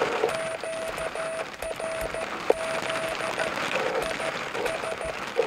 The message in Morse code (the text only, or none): QRZ IS